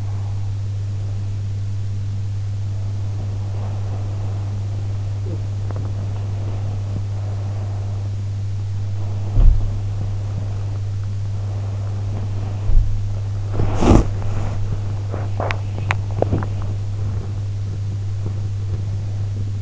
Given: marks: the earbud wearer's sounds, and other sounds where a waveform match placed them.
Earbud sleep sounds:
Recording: sounds in sleep by an in-ear microphone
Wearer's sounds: body movement, talking in sleep, teeth grinding, swallowing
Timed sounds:
0.00-19.62 s: body movement
5.26-5.44 s: talking in sleep
15.06-16.12 s: teeth grinding
15.82-16.51 s: swallowing

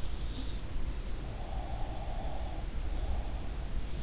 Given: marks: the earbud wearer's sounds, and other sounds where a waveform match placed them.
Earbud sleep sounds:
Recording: sounds in sleep by an in-ear microphone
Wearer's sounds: breath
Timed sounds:
1.38-3.74 s: breath

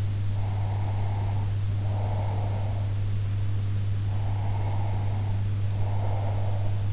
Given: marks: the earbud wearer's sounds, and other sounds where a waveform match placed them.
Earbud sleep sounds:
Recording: sounds in sleep by an in-ear microphone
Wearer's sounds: breath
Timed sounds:
0.28-2.88 s: breath
4.16-6.82 s: breath

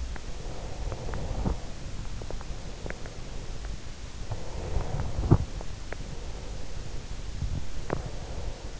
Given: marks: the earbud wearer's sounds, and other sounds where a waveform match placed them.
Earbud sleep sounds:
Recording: sounds in sleep by an in-ear microphone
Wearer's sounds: breath, teeth grinding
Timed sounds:
0.16-1.63 s: breath
2.03-2.46 s: teeth grinding
2.74-3.03 s: teeth grinding
4.26-5.26 s: breath
5.09-5.54 s: teeth grinding
7.18-8.08 s: teeth grinding
7.82-8.79 s: breath

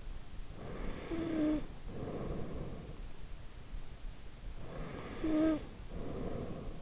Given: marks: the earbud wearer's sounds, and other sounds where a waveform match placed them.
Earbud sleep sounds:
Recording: sounds in sleep by an in-ear microphone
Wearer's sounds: snoring breath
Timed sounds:
0.31-2.83 s: snoring breath
4.54-6.82 s: snoring breath

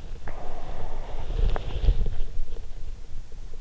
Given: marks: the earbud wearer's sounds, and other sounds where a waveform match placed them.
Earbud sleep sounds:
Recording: sounds in sleep by an in-ear microphone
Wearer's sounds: breath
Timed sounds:
0.16-2.29 s: breath

